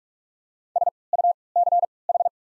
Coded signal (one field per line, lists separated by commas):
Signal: Morse code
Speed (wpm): 46 wpm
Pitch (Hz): 700 Hz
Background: none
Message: S U C H